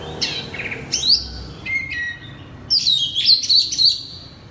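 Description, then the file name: Oriental magpie-robin song: a few scattered whistled notes separated by gaps, ending in a brighter whistled phrase. Oriental magpie-robin (kacer) singing loudly in ngeplong style. "suara kacer ngeplong keras"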